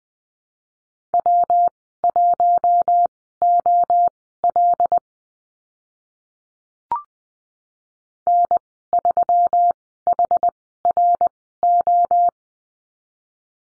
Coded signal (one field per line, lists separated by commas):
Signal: Morse code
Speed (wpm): 20 wpm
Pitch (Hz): 700 Hz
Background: none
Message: W1OL N3HRO